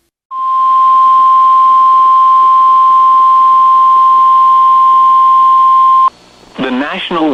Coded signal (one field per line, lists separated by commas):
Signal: Emergency Alert System (SAME) tones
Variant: 1050 Hz attention tone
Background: speech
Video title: Nothing To Be Said Here | EAS Alerts from 8/19/21 (EAS #685-695)